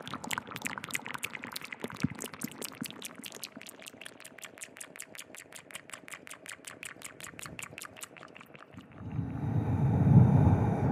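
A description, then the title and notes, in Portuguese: Wet mouth clicks tap out a fast, steady rhythm with an echo, then give way near the end to a louder, low, bubbling rush. Sons de Boca com Eco. ASMR com sons de boca e efeito de eco.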